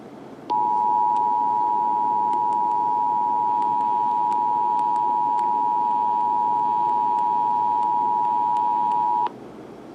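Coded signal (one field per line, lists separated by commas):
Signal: Emergency Alert System (SAME) tones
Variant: 853 and 960 Hz attention tone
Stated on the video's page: Ohio Required Monthly Test.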